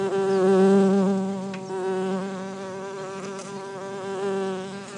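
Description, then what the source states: Bumblebee drone, loud at first then easing into a steady low hum with rich, slightly wavering harmonics. Bumblebee hive.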